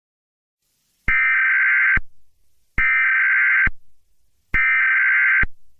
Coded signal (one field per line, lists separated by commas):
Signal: Emergency Alert System (SAME) tones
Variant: header bursts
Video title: Sailor Moon.EXE (An EAS scenario) PART II. Featuring: @J_T_C11Official (RE-PREMIRE)